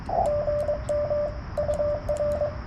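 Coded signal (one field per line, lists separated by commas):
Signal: Morse code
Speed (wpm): 23 wpm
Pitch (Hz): 590 Hz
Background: radio noise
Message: GM UR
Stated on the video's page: CW Parks On The Air activation on a Yaesu 891 in weird band conditions with lots of fading; fifteen contacts logged.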